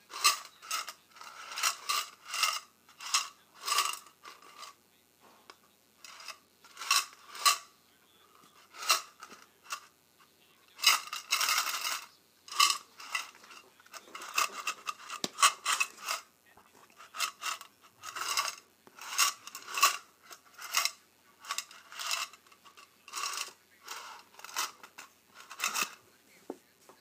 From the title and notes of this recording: ASMR Paperclips and Safety Pins.